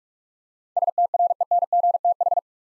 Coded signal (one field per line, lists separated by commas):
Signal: Morse code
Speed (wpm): 41 wpm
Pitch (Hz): 700 Hz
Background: none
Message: STRENGTH